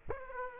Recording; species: mosquito wingbeat signal from an infrared sensor; Aedes aegypti